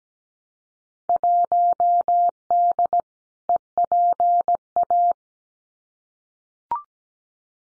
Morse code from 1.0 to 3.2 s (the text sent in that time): 1D